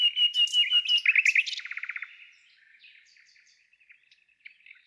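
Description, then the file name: Nightingale singing: a series of quick notes, then a fast stuttering rattle that fades into soft scattered chips before a brief final burst. "solovei"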